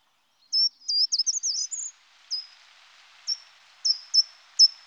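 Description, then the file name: Short-toed treecreeper song: a quick, high, twittering phrase of thin notes lasting about one and a half seconds, followed by several separate sharp high call notes, with faint background hiss. "Grimpereau des jardins"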